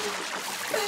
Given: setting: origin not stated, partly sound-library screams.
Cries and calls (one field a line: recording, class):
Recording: one-second piece from a danger detection set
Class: woman in danger